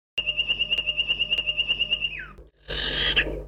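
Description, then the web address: Bird: a sustained high whistle pulsing in rapid even beats for about two seconds, then sliding downward, followed by a short harsh buzzy burst, with faint clicks. "Kicau. mp 3 burung"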